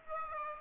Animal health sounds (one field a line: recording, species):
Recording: mosquito wingbeat signal from an infrared sensor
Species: Aedes aegypti